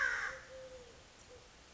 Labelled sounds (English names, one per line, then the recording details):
Eurasian Collared Dove
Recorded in Sonoma County, California